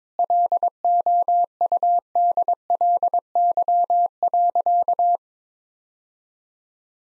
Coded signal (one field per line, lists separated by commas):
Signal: Morse code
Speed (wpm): 22 wpm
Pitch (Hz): 700 Hz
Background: none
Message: LOUDLY.